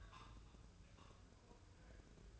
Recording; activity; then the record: daily activity, microphone in the room; take from stove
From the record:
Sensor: 2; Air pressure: 995.3 hPa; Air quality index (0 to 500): 78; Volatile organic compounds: 3 ppm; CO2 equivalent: 1387 ppm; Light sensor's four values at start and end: 23/74/29/27 and 23/74/29/27